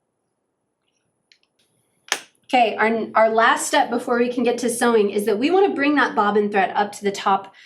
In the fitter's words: let go of that little toggle handle, and you should be able to get it in there and it will click into place.